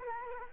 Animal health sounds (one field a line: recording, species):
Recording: mosquito wingbeat signal from an infrared sensor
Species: Culex quinquefasciatus